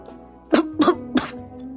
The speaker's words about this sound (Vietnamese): Có tiếng ho thô thiển của thằng nào đó phá mất không khí mờ ám.